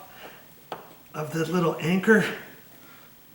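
A screw is driven by hand through a grab bar flange into a plastic drywall anchor in the wall, and a sharp click sounds at 0.7 s as the side of the anchor breaks off so it grips tighter. Someone talks afterward. The anchor is seated.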